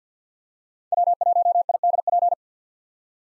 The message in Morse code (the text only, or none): W1IDP